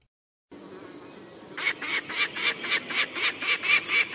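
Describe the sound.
Falcon call series: after a second of background hiss, harsh scratchy notes start and repeat about four per second, building slightly in loudness.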